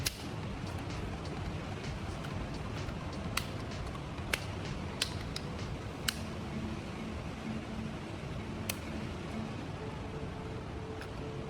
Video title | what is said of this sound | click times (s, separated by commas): Just 1 Minute! Use WD-40 to Fix Every Remote in Your Home – Unbelievable Trick 😱 | Bây giờ tôi sẽ ghép hai nửa điều khiển từ xa lại với nhau , nhẹ nhàng ấn dọc theo các cạnh cho đến khi nghe thấy tất cả các tiếng tách | 0.1 s, 3.4 s, 4.3 s, 5.0 s, 6.1 s, 8.7 s